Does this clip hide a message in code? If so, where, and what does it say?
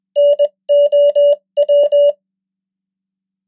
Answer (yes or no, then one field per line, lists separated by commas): yes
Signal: Morse code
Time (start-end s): 0.2-2.1 s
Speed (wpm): 21 wpm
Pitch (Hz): 580 Hz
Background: none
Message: NOW